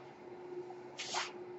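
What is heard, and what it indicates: A steady low mechanical hum runs throughout, broken by a brief airy whoosh lasting about a third of a second: a home mechanical ventilator running in the background and delivering a breath.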